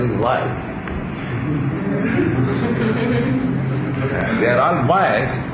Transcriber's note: laughter